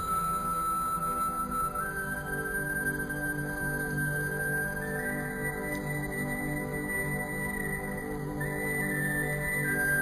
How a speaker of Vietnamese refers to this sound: Ngồi lại ngay ngắn, anh ta đưa ống sáo lên thổi. Mọi người lắng nghe, tiếng sáo đượm buồn như tiếng than khóc của một cuộc tình duyên dở lỡ.